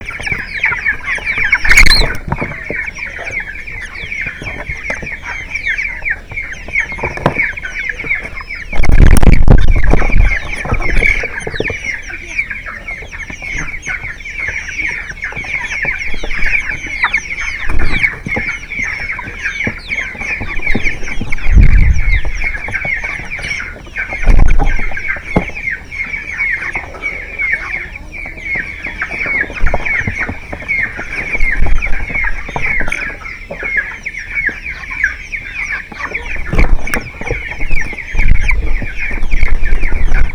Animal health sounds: poultry house recording; background noise or bird activity such as feeding and pecking

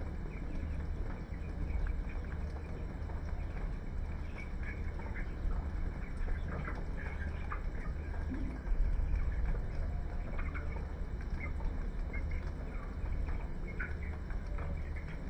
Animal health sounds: poultry house recording; healthy chickens

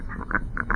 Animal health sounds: poultry house recording; sick chickens (respiratory disease)

